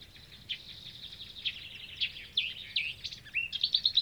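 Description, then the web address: Marsh warbler song, a fast, varied chatter of high buzzy notes, trills and sliding whistles that grows louder and ends in rapid repeated chips. Recorded 6 June 2016. "fagelljud 20160606 karrsangare"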